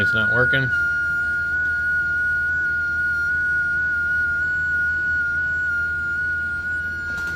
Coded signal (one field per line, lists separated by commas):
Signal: FT8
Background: speech